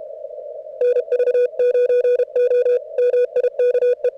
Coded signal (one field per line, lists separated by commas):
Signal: Morse code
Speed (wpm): 30 wpm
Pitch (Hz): 500 Hz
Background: none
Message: NV9O MIKE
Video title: CWops 0300 cwt at 550 hz cw